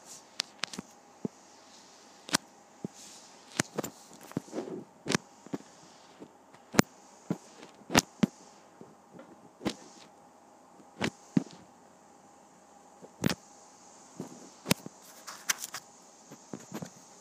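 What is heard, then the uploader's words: Pages of a paper pad are flipped one after another, each turn a sharp crisp snap with a brief papery rustle. The flips come irregularly, sometimes in quick pairs, roughly every second across the clip, over a faint steady hum. Flipping Through a Pad of Paper.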